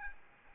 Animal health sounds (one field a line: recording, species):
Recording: mosquito wingbeat signal from an infrared sensor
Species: Aedes albopictus